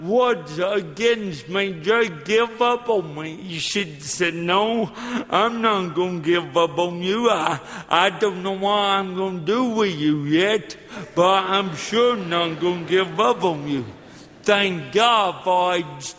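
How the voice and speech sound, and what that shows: Slow, effortful, strongly nasal adult male speech with drawn-out vowels, consistent with dysarthria from cerebral palsy present since birth, caused by lack of oxygen to the brain when he was born without breathing for 18 minutes; the speech is a little tough to understand at first, but listeners get used to it after a few minutes.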